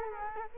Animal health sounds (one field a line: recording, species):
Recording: mosquito wingbeat signal from an infrared sensor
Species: Culex quinquefasciatus